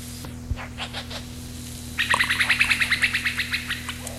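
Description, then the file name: Common cuckoo's fast bubbling trill, a steady run of quick high notes over roughly two seconds, after some faint scattered chirps and a soft knock at the start. Recorded 25 May 1992. "Ccanoris 25 05 92"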